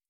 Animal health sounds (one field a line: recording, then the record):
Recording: hydrophone in a shrimp aquaculture tank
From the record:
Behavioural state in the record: starved